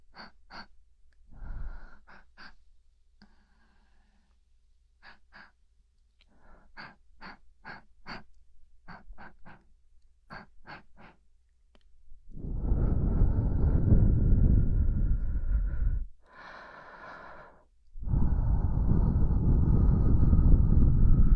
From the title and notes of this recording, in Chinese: 100%疗愈满点的放松耳部按摩。